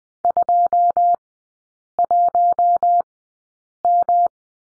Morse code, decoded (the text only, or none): 21M